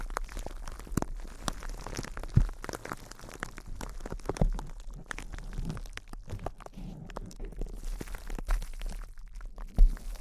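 Intense close-up crinkles run through the whole ten seconds, a dense crackling made of many quick sharp clicks and crisp rustles. The texture shifts constantly, with a low rumbling undertone and a few louder snaps, notably near 2.4, 4.4 and 9.8 seconds.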